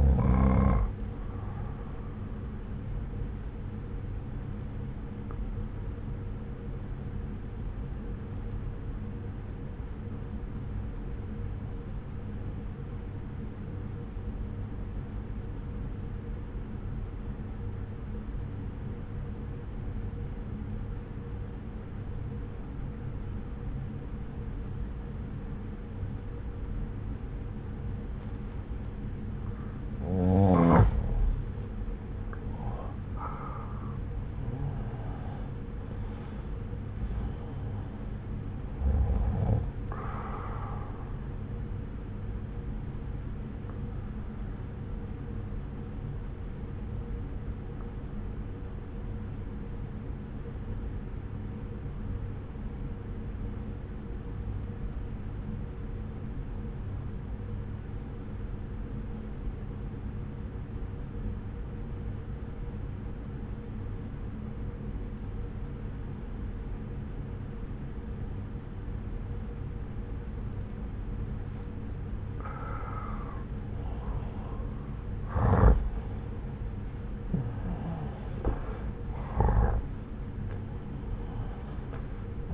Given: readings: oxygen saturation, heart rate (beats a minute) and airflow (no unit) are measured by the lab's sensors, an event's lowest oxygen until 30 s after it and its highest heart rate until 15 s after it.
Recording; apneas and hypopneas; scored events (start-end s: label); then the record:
breathing in sleep by a smartphone at the bedside; 2
6.00-31.60 s: obstructive apnea (N1, oxygen 94% highest, then 88% lowest)
13.00-43.00 s: new sleep stage, N2 (light sleep)
43.00-82.54 s: new sleep stage, N1 (lightest sleep)
46.00-73.60 s: obstructive apnea (N1, oxygen 94% highest, then 87% lowest)
From the record:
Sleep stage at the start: N1 (lightest sleep); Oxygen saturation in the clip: 88 to 94%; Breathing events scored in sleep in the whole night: 303 in 8.1 hours asleep